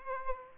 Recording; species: mosquito wingbeat signal from an infrared sensor; Aedes aegypti